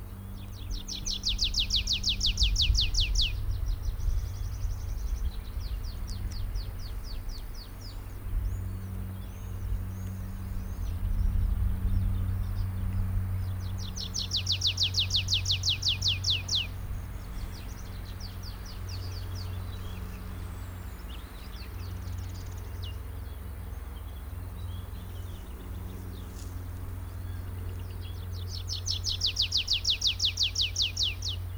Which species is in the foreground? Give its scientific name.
Anthus trivialis